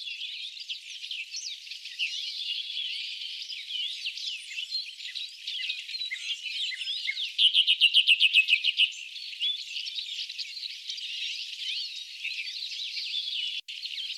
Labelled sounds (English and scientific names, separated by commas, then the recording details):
Common Nightingale (Luscinia megarhynchos) song
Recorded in the wild
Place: Chokpak Beringungsstation, KZ
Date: 2000-05-11
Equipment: MiniDisc Sharp MT 20 H
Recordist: Schwarz, Dieter